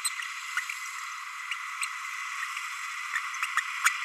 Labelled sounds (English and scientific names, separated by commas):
Green-rumped Parrotlet (Forpus passerinus) babbling